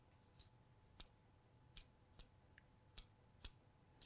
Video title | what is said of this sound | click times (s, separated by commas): B3 Exact Q2 Target Sight | can feel it click into position so that you know | 1.0 s, 1.8 s, 2.2 s, 3.0 s, 3.4 s